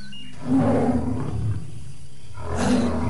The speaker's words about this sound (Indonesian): Oh, harimau! Matanya ganas memandangku.